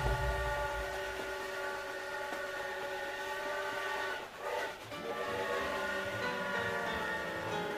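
A train rumbles steadily while its horn sounds a sustained, multi-toned blast throughout, with a brief dip midway before the loud, droning horn and rolling rail noise continue.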